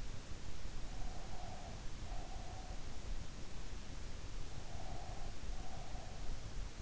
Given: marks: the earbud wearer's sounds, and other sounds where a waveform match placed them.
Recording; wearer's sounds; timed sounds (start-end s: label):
sounds in sleep by an in-ear microphone; breath
0.70-3.08 s: breath
4.34-6.52 s: breath